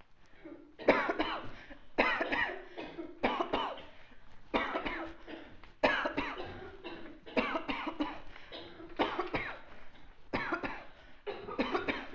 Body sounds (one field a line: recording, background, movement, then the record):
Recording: voluntary coughing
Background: a bystander coughing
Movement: walking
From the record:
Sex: female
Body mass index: 36.4 kg/m2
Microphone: on the chest, facing outward